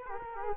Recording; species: mosquito wingbeat signal from an infrared sensor; Culex quinquefasciatus